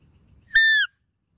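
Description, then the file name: Deer giving a single brief whistle that holds steady, then dips slightly at its close, with faint low rumble before it. "Tieng con nai keu"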